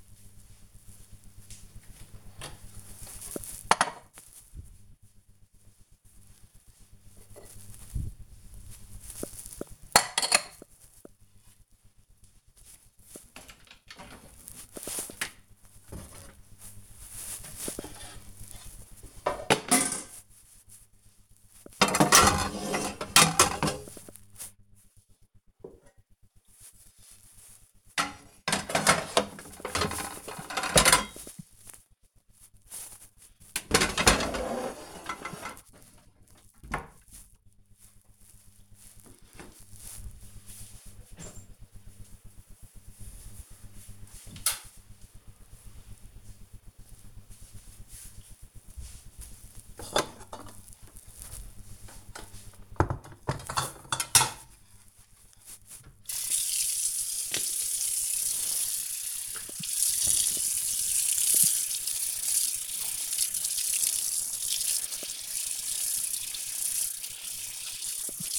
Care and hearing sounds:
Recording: household activities, microphone on the right wrist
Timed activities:
0.00-37.27 s: putting away the dishes
54.37-68.39 s: washing dishes

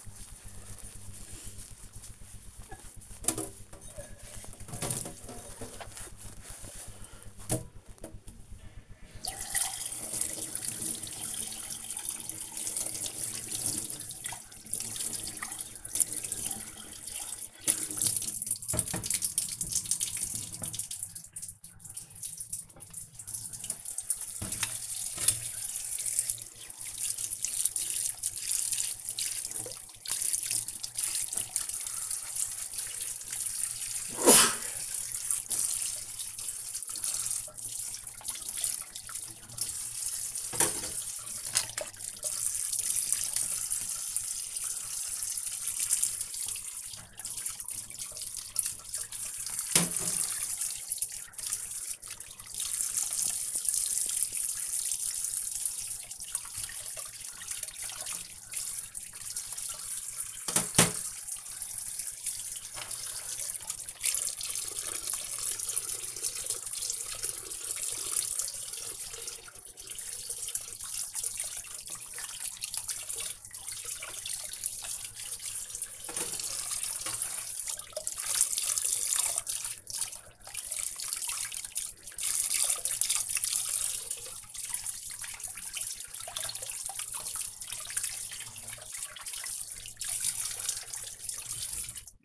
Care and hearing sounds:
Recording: household activities, microphone on the right wrist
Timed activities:
0.00-91.95 s: washing dishes

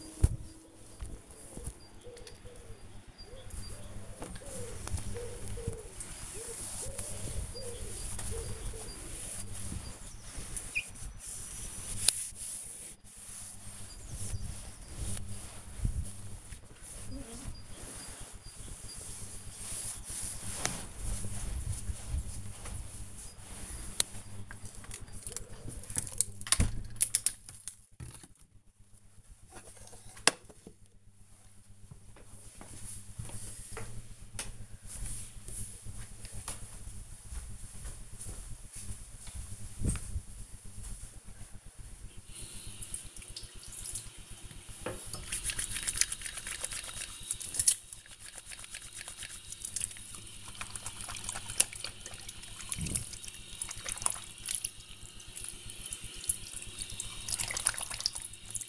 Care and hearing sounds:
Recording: household activities, microphone on the right wrist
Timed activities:
0.00-27.97 s: window cleaning
41.09-58.69 s: washing hands

